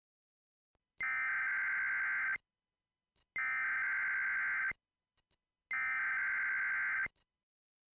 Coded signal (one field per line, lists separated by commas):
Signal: Emergency Alert System (SAME) tones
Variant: header bursts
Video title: EAS High wind warning